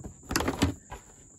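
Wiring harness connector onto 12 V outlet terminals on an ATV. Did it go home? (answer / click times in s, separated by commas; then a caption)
no / none. A wiring harness connector is handled at the back of a 12 V accessory outlet being installed on a 2021 Honda Rancher ATV. Short plastic knocks and scrapes peak sharply near 0.4 s and 0.6 s, then a fainter rustle follows around 0.9 s. The clip ends before the connector goes home, so nothing has seated or clicked yet.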